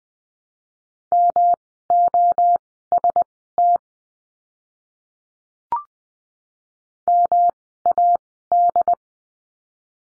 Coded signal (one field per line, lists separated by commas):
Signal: Morse code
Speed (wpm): 20 wpm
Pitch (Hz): 700 Hz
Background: none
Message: MOST MAD